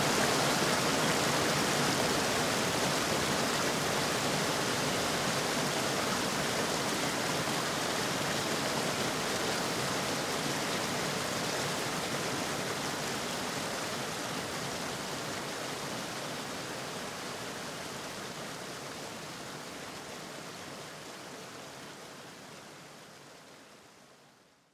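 A watermill's rushing water makes a dense, steady hiss that fills the lows and highs alike. The torrent holds constant for most of the clip, then gradually fades over the last ten seconds and drops away at the end.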